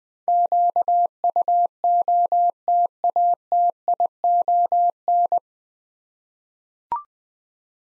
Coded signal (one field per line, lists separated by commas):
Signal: Morse code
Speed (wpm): 20 wpm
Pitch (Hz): 700 Hz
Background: none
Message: QUOTATION